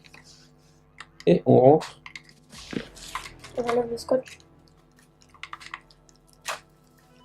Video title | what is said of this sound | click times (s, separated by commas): Nerf vintage saison 3 | Ah voilà, j'ai entendu le clic. | 5.4 s